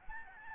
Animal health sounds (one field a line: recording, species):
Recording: mosquito wingbeat signal from an infrared sensor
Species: Aedes albopictus